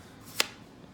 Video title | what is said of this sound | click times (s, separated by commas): Polk Knives Woodsman Overview | You can hear it pops in, pops out quite nicely. | 0.4 s